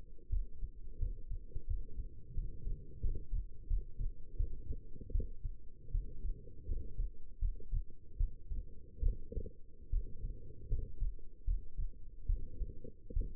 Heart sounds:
heart sounds by stethoscope; 79 bpm
0.29 s: heartbeat
0.99 s: heartbeat
1.67 s: heartbeat
2.34 s: heartbeat
3.00 s: heartbeat
3.67 s: heartbeat
4.37 s: heartbeat
5.11 s: heartbeat
5.91 s: heartbeat
6.65 s: heartbeat
7.39 s: heartbeat
8.17 s: heartbeat
9.03 s: heartbeat
9.90 s: heartbeat
10.67 s: heartbeat
11.44 s: heartbeat
12.26 s: heartbeat
13.13 s: heartbeat
From the record:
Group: healthy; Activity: rest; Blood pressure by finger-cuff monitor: 127/78 mmHg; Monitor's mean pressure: 91 mmHg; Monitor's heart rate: 80 bpm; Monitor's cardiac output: 6.6 L/min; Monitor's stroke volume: 83 mL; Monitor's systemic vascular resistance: 1010 dyn s/cm5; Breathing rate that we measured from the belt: 16 breaths a minute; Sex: female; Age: 22 years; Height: 171 cm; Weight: 65.6 kg

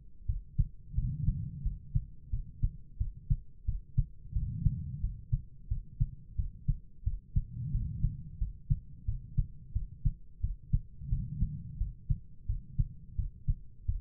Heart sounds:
heart sounds by stethoscope; 88 bpm
0.25 s: heartbeat
0.94 s: heartbeat
1.62 s: heartbeat
2.29 s: heartbeat
2.97 s: heartbeat
3.64 s: heartbeat
4.32 s: heartbeat
4.99 s: heartbeat
5.67 s: heartbeat
6.35 s: heartbeat
7.03 s: heartbeat
7.70 s: heartbeat
8.37 s: heartbeat
9.04 s: heartbeat
9.72 s: heartbeat
10.40 s: heartbeat
11.08 s: heartbeat
11.77 s: heartbeat
12.45 s: heartbeat
13.15 s: heartbeat
13.85 s: heartbeat
From the record:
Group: healthy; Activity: rest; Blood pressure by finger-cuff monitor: 111/68 mmHg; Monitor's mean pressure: 84 mmHg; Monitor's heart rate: 88 bpm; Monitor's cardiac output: 6.6 L/min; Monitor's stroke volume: 75 mL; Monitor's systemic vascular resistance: 930 dyn s/cm5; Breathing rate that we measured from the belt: 18 breaths a minute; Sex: female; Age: 43 years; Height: 160 cm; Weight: 90 kg

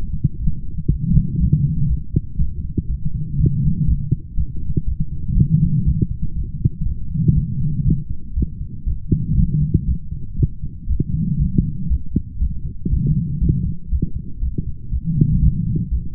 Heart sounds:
heart sounds by stethoscope; 120 bpm
0.37 s: heartbeat
0.87 s: heartbeat
1.37 s: heartbeat
1.86 s: heartbeat
2.36 s: heartbeat
2.86 s: heartbeat
3.36 s: heartbeat
3.85 s: heartbeat
4.34 s: heartbeat
4.84 s: heartbeat
5.33 s: heartbeat
5.83 s: heartbeat
6.33 s: heartbeat
6.83 s: heartbeat
7.33 s: heartbeat
7.83 s: heartbeat
8.33 s: heartbeat
8.84 s: heartbeat
9.34 s: heartbeat
9.85 s: heartbeat
10.35 s: heartbeat
10.86 s: heartbeat
11.37 s: heartbeat
11.87 s: heartbeat
12.38 s: heartbeat
12.88 s: heartbeat
13.38 s: heartbeat
13.89 s: heartbeat
14.39 s: heartbeat
14.89 s: heartbeat
15.39 s: heartbeat
15.88 s: heartbeat
From the record:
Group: healthy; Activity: light exercise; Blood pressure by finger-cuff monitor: 117/79 mmHg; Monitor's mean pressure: 91 mmHg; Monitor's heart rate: 120 bpm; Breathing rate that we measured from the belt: 30 breaths a minute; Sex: female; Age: 32 years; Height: 172 cm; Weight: 71.7 kg

